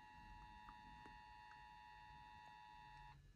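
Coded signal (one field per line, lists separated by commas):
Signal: Emergency Alert System (SAME) tones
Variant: 853 and 960 Hz attention tone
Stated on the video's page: Demonstration: ENDEC receives an alert from an iPad and relays it on air on a home radio station, controlled remotely by software.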